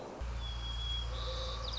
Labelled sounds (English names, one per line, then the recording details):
White-crowned Sparrow
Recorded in Sonoma County, California